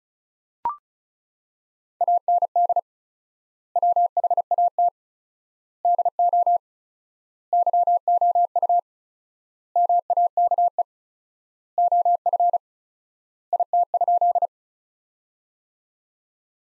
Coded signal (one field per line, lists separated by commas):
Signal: Morse code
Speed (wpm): 36 wpm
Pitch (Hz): 700 Hz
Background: none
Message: AND WHAT DO YOU MAKE OF IT?